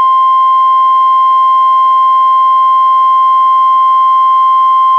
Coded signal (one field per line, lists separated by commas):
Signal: Emergency Alert System (SAME) tones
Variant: 1050 Hz attention tone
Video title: EAS #566-576: NWR and EAS 2 SVRs and 7 SMWs- Oct. 24, 2021